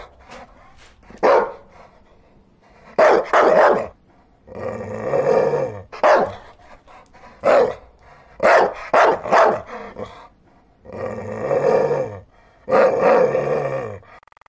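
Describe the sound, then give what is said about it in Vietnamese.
Strange dogs bark and yelp at midnight in a garden, running about, in loud, irregular bursts, with rough growling mixed in between the sharper high-pitched cries. No one speaks. “Bọn này chỉ đến lúc nửa đêm, gào lên ăng ẳng, chạy loạn xạ ngoài vườn.”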